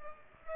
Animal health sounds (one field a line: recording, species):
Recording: mosquito wingbeat signal from an infrared sensor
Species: Aedes aegypti